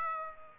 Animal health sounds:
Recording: mosquito wingbeat signal from an infrared sensor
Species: Aedes aegypti

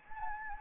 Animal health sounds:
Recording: mosquito wingbeat signal from an infrared sensor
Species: Anopheles gambiae

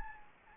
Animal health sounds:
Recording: mosquito wingbeat signal from an infrared sensor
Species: Anopheles gambiae

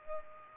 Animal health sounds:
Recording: mosquito wingbeat signal from an infrared sensor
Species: Culex pipiens

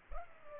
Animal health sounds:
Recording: mosquito wingbeat signal from an infrared sensor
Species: Culex pipiens

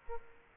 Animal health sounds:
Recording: mosquito wingbeat signal from an infrared sensor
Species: Aedes aegypti

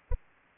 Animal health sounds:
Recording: mosquito wingbeat signal from an infrared sensor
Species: Aedes aegypti

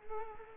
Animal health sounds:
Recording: mosquito wingbeat signal from an infrared sensor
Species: Culex quinquefasciatus

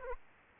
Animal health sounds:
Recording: mosquito wingbeat signal from an infrared sensor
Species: Aedes aegypti

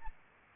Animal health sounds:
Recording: mosquito wingbeat signal from an infrared sensor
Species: Aedes albopictus

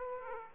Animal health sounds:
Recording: mosquito wingbeat signal from an infrared sensor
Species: Aedes aegypti

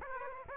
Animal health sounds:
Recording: mosquito wingbeat signal from an infrared sensor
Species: Aedes aegypti

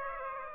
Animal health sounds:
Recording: mosquito wingbeat signal from an infrared sensor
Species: Aedes aegypti

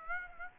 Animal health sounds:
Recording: mosquito wingbeat signal from an infrared sensor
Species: Aedes aegypti

